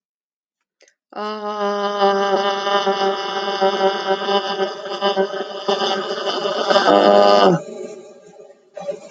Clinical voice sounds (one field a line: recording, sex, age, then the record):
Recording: vowel held as long as possible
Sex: female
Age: 50 to 59 years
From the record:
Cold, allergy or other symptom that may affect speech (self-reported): no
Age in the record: 59 years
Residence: Kentucky, United States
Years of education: 12